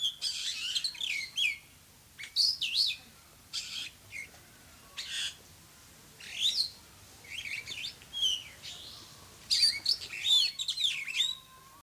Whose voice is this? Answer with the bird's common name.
Superb Starling